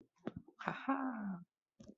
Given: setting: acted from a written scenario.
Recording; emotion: vocal sound without words; positive surprise